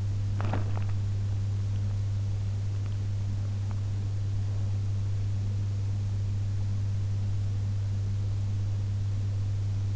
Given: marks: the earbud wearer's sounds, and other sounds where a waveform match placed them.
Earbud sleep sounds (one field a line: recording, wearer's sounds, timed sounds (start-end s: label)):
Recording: sounds in sleep by an in-ear microphone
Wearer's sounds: body movement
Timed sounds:
0.00-1.17 s: body movement